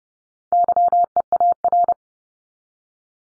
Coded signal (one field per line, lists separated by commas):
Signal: Morse code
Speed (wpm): 30 wpm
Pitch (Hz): 700 Hz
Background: none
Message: YEAR